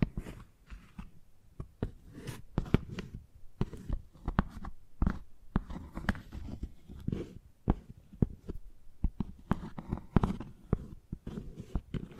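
Chalk tapping and scratching against a hard surface, with sharp clicks and taps landing irregularly every fraction of a second throughout. Between the hits come brief gritty scrapes, and a low rumbling thud sits under many of the strikes.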